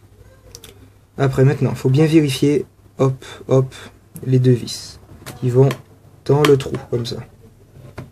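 A 2.5-inch hard drive is handled into the drive bay of a MacBook laptop, its side mounting screws being guided into the holes of the bay, while someone talks over the clip. A few brief faint taps occur near the start and another near the end. Nothing has seated or clicked into place yet.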